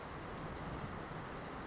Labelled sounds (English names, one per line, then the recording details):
Blue-gray Gnatcatcher
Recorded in Sonoma County, California